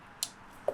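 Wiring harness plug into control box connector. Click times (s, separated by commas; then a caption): 0.2 s, 0.7 s. A TGK Motorsport dumpbox wiring harness plug is clipped into its mating control box connector on an Audi C7 A6/S6/A7/S7/RS7 to test the hookup. Two short clicks are heard over quiet background: a bright, high-pitched snap at 0.2 s and a duller, lower click at 0.7 s. The connector seats.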